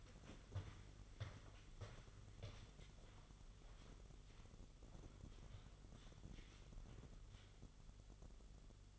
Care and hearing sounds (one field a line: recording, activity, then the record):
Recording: daily activity, microphone in the room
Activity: walk to room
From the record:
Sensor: 4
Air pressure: 1009.0 hPa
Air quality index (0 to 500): 139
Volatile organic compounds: 2 ppm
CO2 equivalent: 1009 ppm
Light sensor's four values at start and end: 10/24/9/9 and 14/33/13/13